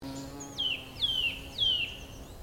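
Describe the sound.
Eurasian nuthatch calls: three clear whistled notes, each sliding steeply downward, given roughly every half second over a faint steady background hum.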